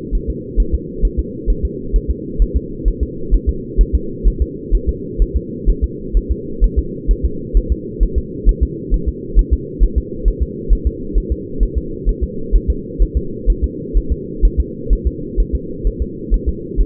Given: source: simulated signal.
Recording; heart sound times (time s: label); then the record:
fetal heart sounds
0.15 s: S1
0.30 s: S2
0.60 s: S1
0.74 s: S2
1.05 s: S1
1.19 s: S2
1.50 s: S1
1.65 s: S2
1.96 s: S1
2.10 s: S2
2.42 s: S1
2.56 s: S2
2.88 s: S1
3.03 s: S2
3.34 s: S1
3.49 s: S2
3.81 s: S1
3.95 s: S2
4.28 s: S1
4.42 s: S2
4.75 s: S1
4.89 s: S2
5.22 s: S1
5.36 s: S2
5.69 s: S1
5.84 s: S2
6.17 s: S1
6.31 s: S2
6.64 s: S1
6.79 s: S2
7.11 s: S1
7.25 s: S2
7.57 s: S1
7.72 s: S2
8.03 s: S1
8.18 s: S2
8.49 s: S1
8.63 s: S2
8.94 s: S1
9.08 s: S2
9.39 s: S1
9.53 s: S2
9.83 s: S1
9.98 s: S2
10.28 s: S1
10.42 s: S2
10.73 s: S1
10.87 s: S2
11.18 s: S1
11.32 s: S2
11.63 s: S1
11.77 s: S2
12.09 s: S1
12.23 s: S2
12.55 s: S1
12.70 s: S2
13.02 s: S1
13.17 s: S2
13.50 s: S1
13.64 s: S2
13.97 s: S1
14.12 s: S2
14.45 s: S1
14.60 s: S2
14.93 s: S1
15.07 s: S2
15.40 s: S1
15.55 s: S2
15.87 s: S1
16.02 s: S2
16.34 s: S1
16.48 s: S2
16.81 s: S1
From the record:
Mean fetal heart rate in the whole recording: 130 bpm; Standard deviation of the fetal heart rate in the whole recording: 2 bpm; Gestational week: 36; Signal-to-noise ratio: -4.3 dB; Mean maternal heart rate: 72 bpm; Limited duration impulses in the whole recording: absent